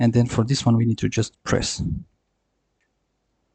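Someone talks for about two seconds while an internal part of an Alienware M18 R2 laptop, under motherboard repair for not turning on with a 3-5 diagnostic error code on the power button, is about to be pressed down by hand into its latches; the rest of the clip is silent. Nothing has seated or clicked yet.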